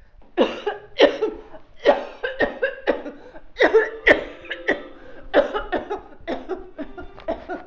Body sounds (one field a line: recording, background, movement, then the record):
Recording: voluntary coughing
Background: music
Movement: walking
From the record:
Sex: female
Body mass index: 21.8 kg/m2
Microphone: on the chest, facing outward